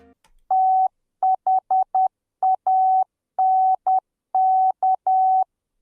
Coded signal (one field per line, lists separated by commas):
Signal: Morse code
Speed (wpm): 10 wpm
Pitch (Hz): 760 Hz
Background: none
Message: THANK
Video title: KAELA told her chat to learn morse code for her anniversary, of course they will learn it right?